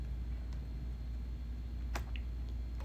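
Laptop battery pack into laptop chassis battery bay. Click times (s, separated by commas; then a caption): 2.0 s, 2.2 s. A replacement battery pack is set into the battery bay of an Acer Nitro 5 laptop chassis and pressed down until it seats. Over a low steady hum, faint handling ticks lead to sharp clicks at 2.0 and 2.2 seconds. The battery clicks into place.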